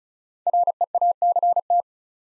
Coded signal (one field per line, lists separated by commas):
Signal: Morse code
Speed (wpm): 34 wpm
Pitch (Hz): 700 Hz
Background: none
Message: REACT